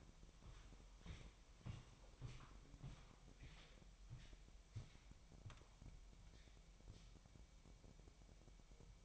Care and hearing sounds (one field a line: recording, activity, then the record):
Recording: daily activity, microphone in the room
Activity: walk to room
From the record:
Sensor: 1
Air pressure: 1002.0 hPa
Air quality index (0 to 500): 247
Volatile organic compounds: 52 ppm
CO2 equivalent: 3323 ppm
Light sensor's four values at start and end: 8/19/8/9 and 9/20/8/9